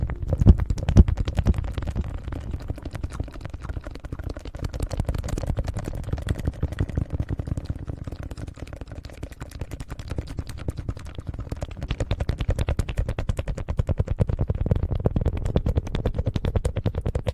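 Aloe vera gel is worked against the ear in a dense, continuous stream of wet, squelching clicks and pops, snapping quickly and irregularly for the whole stretch. The sound is weighted low and thick, with sharper crackles on top and a slight dip in level midway.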